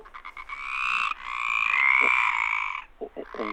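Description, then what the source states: Stripeless tree frog chorus: a few quick short calls at the start, then long drawn-out croaks, followed by a few short lower notes near the end. Chorus; characteristic of the Mediterranean area, can be heard in Murcia.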